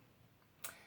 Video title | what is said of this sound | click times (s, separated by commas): SUMMER PINK LIPSTICK FOR MATURE SKIN 2020 | know you got a little click it's just even the packaging so | 0.6 s